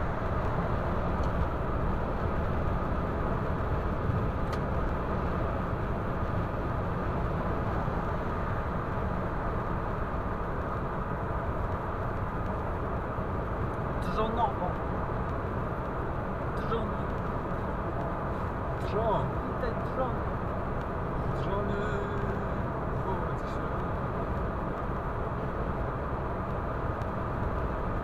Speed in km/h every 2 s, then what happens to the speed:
136, 135, 134, 132, 127, 123, 120, 121, 120, 120, 119, 119, 119, 119.
0-12 slows to 120. 12-28 steady at about 119.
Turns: none.